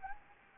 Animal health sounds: mosquito wingbeat signal from an infrared sensor; Anopheles gambiae

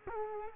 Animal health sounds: mosquito wingbeat signal from an infrared sensor; Culex quinquefasciatus

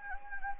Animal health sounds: mosquito wingbeat signal from an infrared sensor; Anopheles gambiae

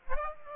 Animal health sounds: mosquito wingbeat signal from an infrared sensor; Aedes aegypti

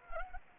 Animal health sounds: mosquito wingbeat signal from an infrared sensor; Anopheles arabiensis

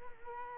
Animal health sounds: mosquito wingbeat signal from an infrared sensor; Culex quinquefasciatus

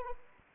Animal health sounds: mosquito wingbeat signal from an infrared sensor; Anopheles arabiensis

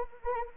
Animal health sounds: mosquito wingbeat signal from an infrared sensor; Anopheles arabiensis

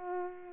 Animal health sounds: mosquito wingbeat signal from an infrared sensor; Culex pipiens

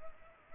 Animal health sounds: mosquito wingbeat signal from an infrared sensor; Culex pipiens

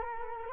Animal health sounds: mosquito wingbeat signal from an infrared sensor; Culex quinquefasciatus

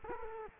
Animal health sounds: mosquito wingbeat signal from an infrared sensor; Culex quinquefasciatus

